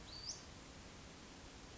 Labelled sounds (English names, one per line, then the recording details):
Western Flycatcher
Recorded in Sonoma County, California